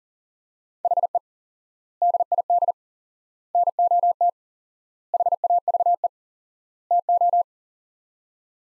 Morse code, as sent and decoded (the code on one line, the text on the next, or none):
.... . / -.. .. -.. / -. --- - / .... .- ...- . / - ---
HE DID NOT HAVE TO